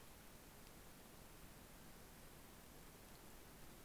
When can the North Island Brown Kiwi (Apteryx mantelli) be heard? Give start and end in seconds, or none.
none